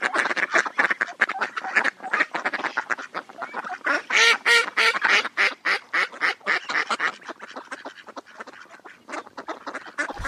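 Ducks quacking: a dense flock giving rapid, overlapping harsh quacks throughout, with a louder cluster of calls in the middle and steady chatter continuing to the end.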